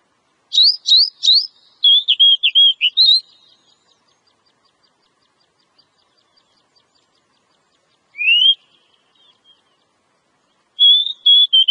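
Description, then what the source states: Oriental magpie-robin song opening with three sharp rising notes and a run of quick warbled whistles, then a single upslurred whistle and a final short phrase. Oriental magpie-robin song used as a lure recording.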